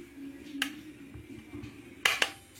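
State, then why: Seated. During reassembly of an electric iron, the temperature-control dial is lined up with its arrow pointing the right way and pressed onto the housing. Sharp snaps are heard at 0.6 s and 2.1 s, with another quick hit just after at 2.2 s. The dial clicks straight in and sits neatly in place.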